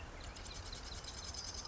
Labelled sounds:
Marsh Wren
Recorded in Sonoma County, California

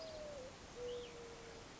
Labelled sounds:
Mourning Dove
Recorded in Sonoma County, California

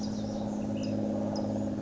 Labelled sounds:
Ash-throated Flycatcher
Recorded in Sonoma County, California

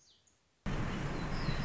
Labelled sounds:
Black-throated Gray Warbler
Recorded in Sonoma County, California

